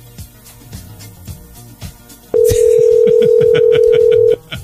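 A phone line rings out as a single loud, steady mid-pitched tone lasting about two seconds, following quiet background chatter and clicks, with faint voices continuing underneath.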